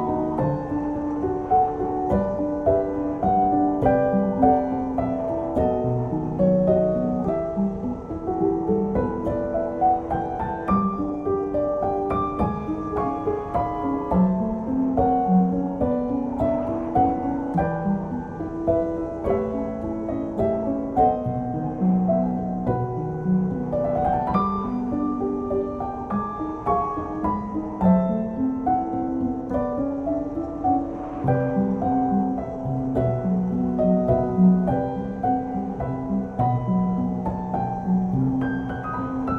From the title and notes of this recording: SNOWSTORM Sound and Relaxing MUSIC. This episode offers you the sound of a winter blizzard accompanied by soft music.